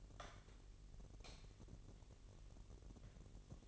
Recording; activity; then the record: daily activity, microphone in the room; light on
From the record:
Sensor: 4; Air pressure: 1012.7 hPa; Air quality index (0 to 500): 248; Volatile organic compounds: 4 ppm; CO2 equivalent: 1688 ppm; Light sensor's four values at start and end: 14/31/13/13 and 16/41/16/17